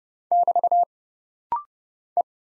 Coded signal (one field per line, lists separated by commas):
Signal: Morse code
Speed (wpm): 30 wpm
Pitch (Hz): 700 Hz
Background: none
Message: <BT> E